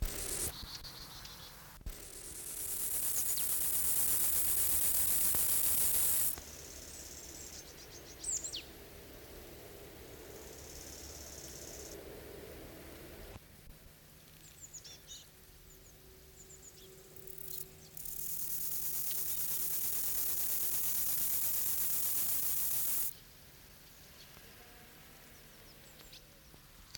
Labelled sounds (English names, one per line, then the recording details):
Rufous Grasshopper stridulation
Great Tit
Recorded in the wild
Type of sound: stridulation
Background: Parus major
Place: Treuchtlingen, Naturpark Altmühltal, Bayern, DE
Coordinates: 48.96, 10.91
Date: 1993-09-07
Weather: 20°C, wolkig
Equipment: Marantz CP 430, Sennheiser MKH 416 T, Kopie Uher Variocord 263
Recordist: Tembrock, Günter
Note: Strophen